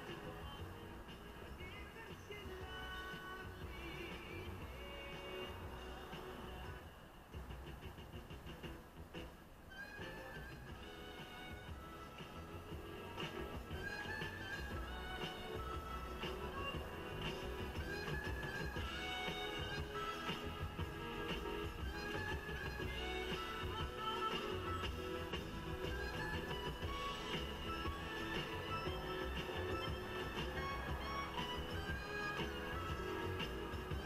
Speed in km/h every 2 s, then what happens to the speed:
0, 0, 0, 3, 0, 1, 0, 0, 0, 0, 0, 0, 0, 0, 0, 1, 0.
0-34 standing.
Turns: none.